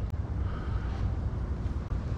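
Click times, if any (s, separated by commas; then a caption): none. A plastic electrical connector with a metal tab, part of the turn signal wiring on a 2020 Suzuki DR650 sidecar build during a flasher and diode install, is handled and pushed toward its mating plug on the motorcycle. Steady low rumbling, wind-like background noise fills the clip, with one brief faint tick at about 0.1 s. The connector has not clicked or locked in yet.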